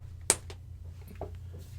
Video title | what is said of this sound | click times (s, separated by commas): The Rise of the Robin King: McFarlane's Epic Review & Dark Father BAF Part 1 on YouTube | you heard it pop | 0.3 s